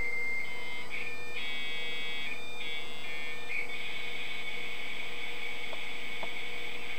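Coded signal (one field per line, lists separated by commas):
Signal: dial-up modem handshake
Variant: 56K modem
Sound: steady high answer tone, brief chirpy warbles, then loud wide hissing data noise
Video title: Dial-Up Internet in 2022 with 56K modem & Windows 98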